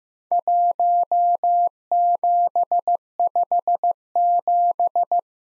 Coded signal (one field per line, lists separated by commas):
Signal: Morse code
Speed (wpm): 15 wpm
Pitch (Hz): 700 Hz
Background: none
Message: 1757